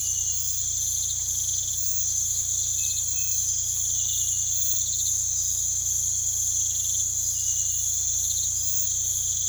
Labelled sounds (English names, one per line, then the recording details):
none
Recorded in pastures near Puerto Asís, Putumayo, Colombia, on 16 December 2024 at 05:00
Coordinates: 0.472, -76.329
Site G072